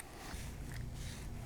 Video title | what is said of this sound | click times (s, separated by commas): Termination of LMR-1200 cable | You feel it snap in place. | 0.0 s